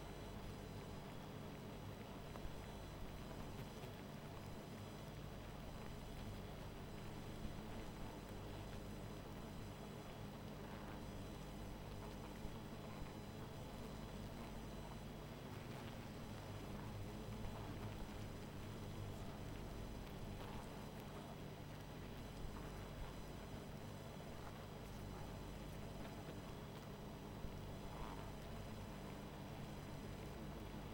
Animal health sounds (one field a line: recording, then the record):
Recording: honeybee colony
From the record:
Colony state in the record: missing queen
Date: 14 July 2017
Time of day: 20:04